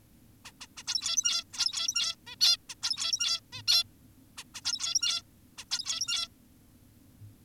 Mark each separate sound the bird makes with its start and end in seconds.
0.45-0.52, 0.61-0.67, 0.77-0.83, 0.87-1.44, 1.53-2.16, 2.27-2.36, 2.41-2.57, 2.70-2.75, 2.83-3.40, 3.53-3.62, 3.68-3.84, 4.38-4.44, 4.55-4.61, 4.65-5.22, 5.58-5.65, 5.71-6.28